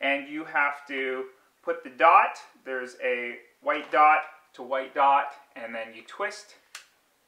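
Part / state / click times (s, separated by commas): interchangeable lens onto DSLR camera body mount / seated / 6.8 s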